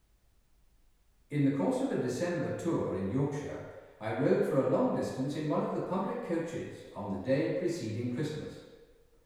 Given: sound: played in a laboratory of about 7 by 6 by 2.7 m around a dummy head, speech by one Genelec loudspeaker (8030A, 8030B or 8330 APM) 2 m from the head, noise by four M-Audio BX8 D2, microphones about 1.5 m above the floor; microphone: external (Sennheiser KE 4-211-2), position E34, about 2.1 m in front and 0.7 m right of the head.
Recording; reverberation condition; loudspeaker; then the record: male speech in English; high; 120 degrees to the right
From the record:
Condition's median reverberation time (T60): about 1300 ms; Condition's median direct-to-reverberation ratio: about -4.0 dB